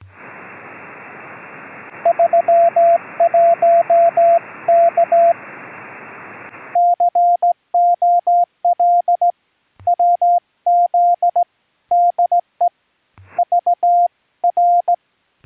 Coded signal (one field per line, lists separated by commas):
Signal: Morse code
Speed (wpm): 17 wpm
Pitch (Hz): 700 Hz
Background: radio noise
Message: 31 K COL WZ DE VR